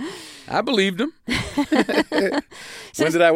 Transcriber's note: laughter